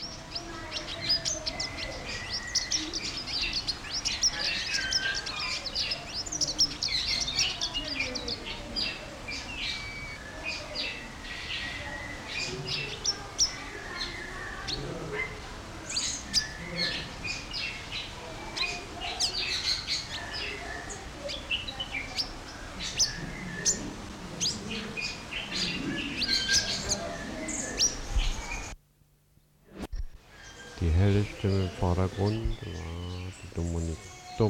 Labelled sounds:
Pin-tailed Whydah (Vidua macroura)
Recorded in captivity
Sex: male
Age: adult
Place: Zoo Berlin, Berlin, DE
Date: 1993-04-02
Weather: sonnig, -1 bis + 5 °C
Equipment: Marantz CP 430, Sennheiser ME 80, Kopie Uher Variocord 263
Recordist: Tembrock, Günter

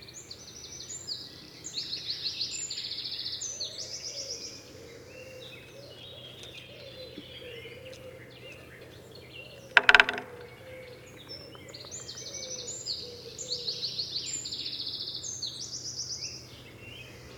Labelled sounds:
Great Spotted Woodpecker (Dendrocopos major) drumming
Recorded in the wild
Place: Sassnitz, Insel Rügen, Mecklenburg-Vorpommern, DE
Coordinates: 54.565, 13.615
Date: 1978-05-31 07:45
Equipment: Nagra III BH, Sennheiser MD 21, parabola
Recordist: Schubert, Michael
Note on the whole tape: Trommeln Buntspecht

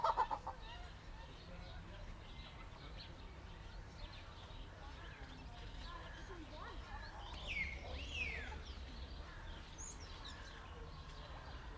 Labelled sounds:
Black-legged Seriema (Chunga burmeisteri) call
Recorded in captivity
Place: Zoo Berlin, Berlin, DE
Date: 1992-08-01 11:55
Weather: sonnig, 24-26°C
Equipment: Marantz CP 430, Sennheiser ME 80, Kopie Tesla B 116
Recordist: Tembrock, Günter

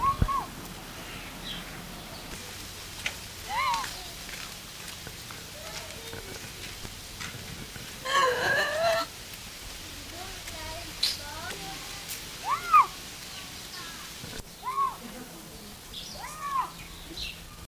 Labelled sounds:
Bobcat (Lynx rufus) call
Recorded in captivity
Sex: male
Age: adult
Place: Tierpark Berlin, Berlin, DE
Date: 1983-10-01 12:10
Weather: sunny, 10°C, light winds
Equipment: Nagra SN, Kopie Uher 4000 Report Monitor
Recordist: Tembrock, Günter
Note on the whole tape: Laute, Kater läuft am Gitter hin und her

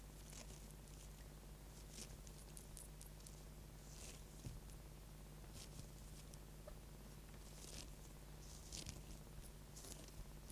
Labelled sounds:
European Water Vole (Arvicola amphibius) call
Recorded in captivity
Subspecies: terrestris
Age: juvenile
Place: Zoologisches Institut der HUB, Berlin, DE
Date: 1969-10-14
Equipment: Studiomaschine, Kondensatormikrofon
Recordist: Johst, Volker

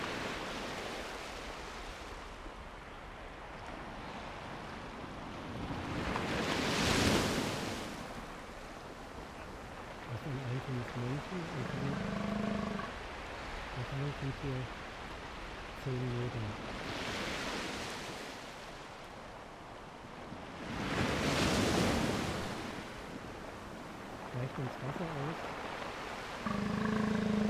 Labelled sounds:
Northern Fur Seal (Callorhinus ursinus)
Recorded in the wild
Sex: male
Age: adult
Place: Insel Mednyi, Kommandeur-Inseln, RU
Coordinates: 54.5061, 168.095
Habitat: sea
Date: 1999-06-26 18:40
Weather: cloudy, 9°C, weak winds
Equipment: Sony TCD-D8, Sennheiser MKH 70, Windkorb
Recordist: Frommolt, Karl-Heinz
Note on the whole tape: Hütten im Südosten der Insel (am Strand): Drohlaute eines männlichen Seebären bei Annäherung des Beobachters. Tier weicht ins Wasser aus. Entfernung 10 m

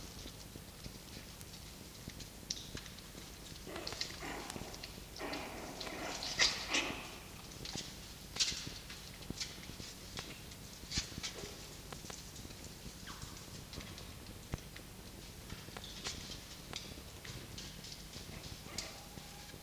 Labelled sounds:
Red Fox (Vulpes vulpes)
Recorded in captivity
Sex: female
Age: juvenile
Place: Zoologisches Institut der HUB, Berlin, DE
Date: 1953-04-25 19:50
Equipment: Elmetra
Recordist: Tembrock, Günter
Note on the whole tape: Fiffi-Welpen (beim Fressen): Knurren und Stoßkeckern (?)

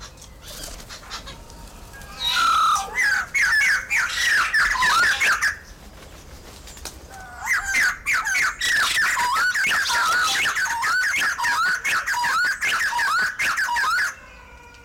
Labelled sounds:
Common Hill Myna (Gracula religiosa)
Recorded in captivity
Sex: diverse
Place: Zoo Halle, Sachsen-Anhalt, DE
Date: 1996-03-08 16:30
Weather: sonnig, 3°C
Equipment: Sony WM-D6C, Sennheiser ME 80, Kopie Uher 4000 Report Monitor
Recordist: Tembrock, Günter

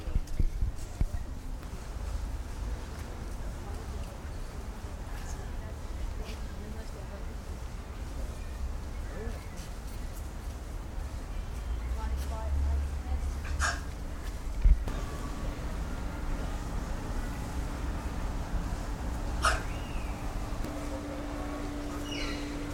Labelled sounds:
Malayan Tapir (Tapirus indicus)
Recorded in captivity
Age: adult
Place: Zoo Berlin, Berlin, DE
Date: 1996-08-24 20:10
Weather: bedeckt, ca. 20°C
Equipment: Sony MD-WM MZ-R3, Sennheiser MKH 416 T, Kopie Uher 4000 Report Monitor
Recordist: Tembrock, Günter

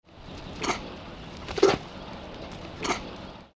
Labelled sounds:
Red Kangaroo (Macropus rufus)
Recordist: Tembrock, Günter
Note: Laute eines Männchens

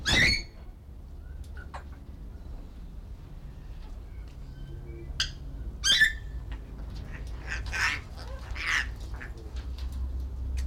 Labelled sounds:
Grey Parrot (Psittacus erithacus) call
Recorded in captivity
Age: adult
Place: Zoo Berlin, Berlin, DE
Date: 1993-08-04 18:10
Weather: heiter,25 °C
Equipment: Marantz CP 430, Sennheiser ME 80, Kopie Uher Variocord 263
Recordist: Tembrock, Günter

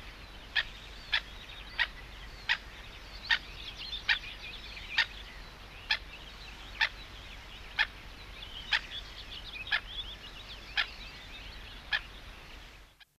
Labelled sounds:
Black-headed Gull (Chroicocephalus ridibundus) call
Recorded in captivity
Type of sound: call
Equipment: Halbspur, 9,5 cm/s
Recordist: Lütgens, Hans
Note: Vogeldamm

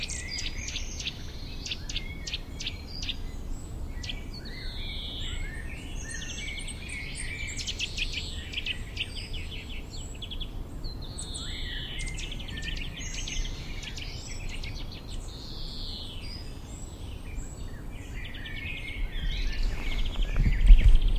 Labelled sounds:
Eurasian Nuthatch (Sitta europaea) call
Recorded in the wild
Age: juvenile
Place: Bogensee, Barnim, Brandenburg, DE
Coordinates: 52.7714, 13.5258
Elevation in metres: 60
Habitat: deciduous forest
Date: 2003-06-11
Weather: 20°C, cloudy, almost windless
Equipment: Tascam DA-P1, Sennheiser MKH 70
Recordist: Frommolt, Karl-Heinz

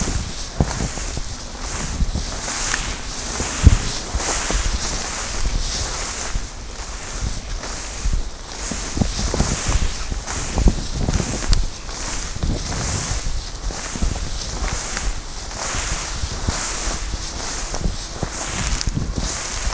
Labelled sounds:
Corn Crake (Crex crex)
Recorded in the wild
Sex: male
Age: adult
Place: Schwedt/Oder, Nationalpark Unteres Odertal, Brandenburg, DE
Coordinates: 53.0394, 14.2955
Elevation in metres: 1
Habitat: grassland
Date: 2017-06-19 20:26
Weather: clear, 18°C, weak wind from East
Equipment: Olympus LS-3, Olympus ME31
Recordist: Frommolt, Karl-Heinz

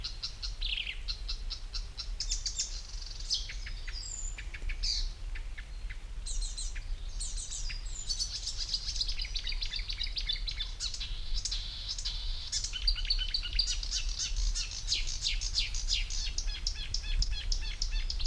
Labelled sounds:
Marsh Warbler (Acrocephalus palustris)
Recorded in the wild
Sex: male
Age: adult
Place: Kremmen, Brandenburg, DE
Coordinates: 52.76, 13.03
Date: 1995-06-03 17:08
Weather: heiter, 18-20°C
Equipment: Marantz CP 430, Sennheiser ME 80, Kopie Uher 4000 Report Monitor
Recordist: Tembrock, Günter

